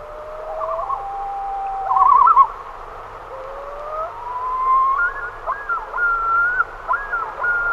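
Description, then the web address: Common loon with brief tremolo bursts, then long sliding wail notes that rise and step between pitches, ending in looping yodel-like phrases. "great northern loon"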